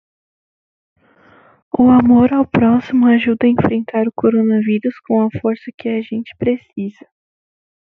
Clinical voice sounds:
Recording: spoken sentence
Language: Brazilian Portuguese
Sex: female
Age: 20 to 29 years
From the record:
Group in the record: control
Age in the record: 22 years

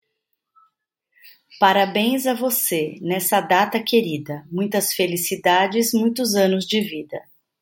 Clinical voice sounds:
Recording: short text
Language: Brazilian Portuguese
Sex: female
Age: 40 to 49 years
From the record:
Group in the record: control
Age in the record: 47 years

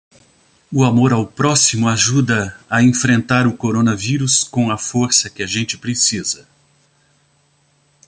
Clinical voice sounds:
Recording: spoken sentence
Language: Brazilian Portuguese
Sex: male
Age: 60 to 69 years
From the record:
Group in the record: control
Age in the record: 65 years

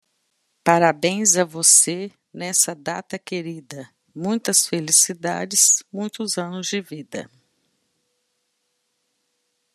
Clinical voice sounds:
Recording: short text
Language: Brazilian Portuguese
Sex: female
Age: 50 to 59 years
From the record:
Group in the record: control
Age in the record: 55 years

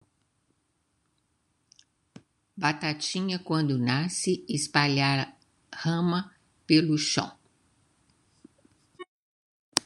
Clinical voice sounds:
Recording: short text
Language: Brazilian Portuguese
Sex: female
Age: 70 to 79 years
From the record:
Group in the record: control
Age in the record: 74 years

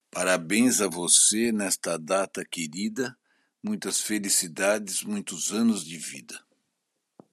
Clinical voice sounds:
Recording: short text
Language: Brazilian Portuguese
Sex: male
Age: 60 to 69 years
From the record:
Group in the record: control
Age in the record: 66 years

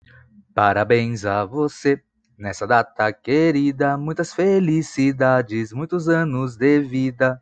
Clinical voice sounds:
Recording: short text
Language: Brazilian Portuguese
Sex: male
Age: 20 to 29 years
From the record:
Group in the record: control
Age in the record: 25 years

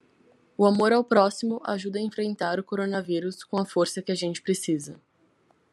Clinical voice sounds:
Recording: spoken sentence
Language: Brazilian Portuguese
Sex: female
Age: 18 to 19 years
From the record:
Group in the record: control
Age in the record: 18 years

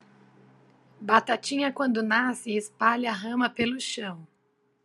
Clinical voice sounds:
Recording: short text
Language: Brazilian Portuguese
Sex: female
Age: 40 to 49 years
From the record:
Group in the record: control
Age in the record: 42 years

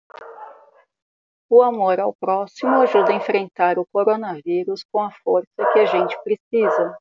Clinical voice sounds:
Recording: spoken sentence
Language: Brazilian Portuguese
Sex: female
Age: 30 to 39 years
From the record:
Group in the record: control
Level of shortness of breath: 0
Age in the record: 37 years

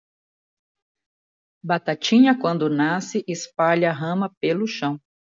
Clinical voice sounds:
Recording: short text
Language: Brazilian Portuguese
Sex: female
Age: 50 to 59 years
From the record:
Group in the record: control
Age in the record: 56 years

